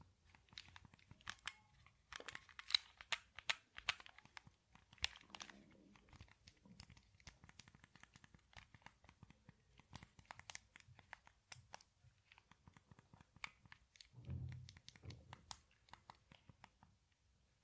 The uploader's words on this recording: ASMR Controller Sounds. I'll be playing around with my switch controllers and rambling about my life and also video games.